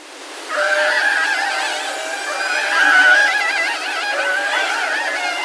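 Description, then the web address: Killer whale producing a long squealing call with rich harmonics, pitch wobbling and warbling in rapid undulations, rising and falling for about five seconds. "kasatka"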